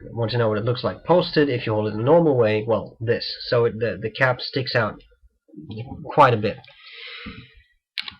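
Someone talks while handling the plastic/metal cap of an Ohto F-Lapa fountain pen, a click-on rather than screw-on cap, bringing it to the pen barrel. Two short, sharp sounds occur at 8.0 s and 8.1 s as the clip ends, but the cap has not yet clicked or seated onto the barrel.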